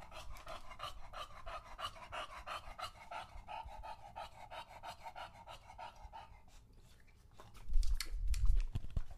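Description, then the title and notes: English Bulldog panting, then a burst of louder low sounds at the end. Male English Bulldog named Lucho drinking water from a bowl after a long walk, breathing heavily and out of breath between drinks. "English Bulldog Drinks from Water Bowl. listen to Lucho the English Bulldog as he tries to drink water after a long walk. Don't let his heavy breathing fool you in between drinks, he's equally out of breath from the walk"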